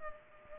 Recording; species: mosquito wingbeat signal from an infrared sensor; Culex pipiens